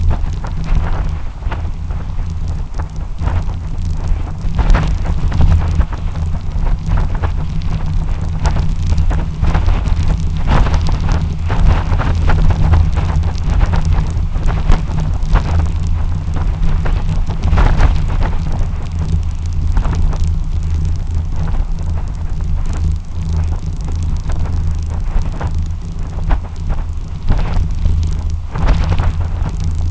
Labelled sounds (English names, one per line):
none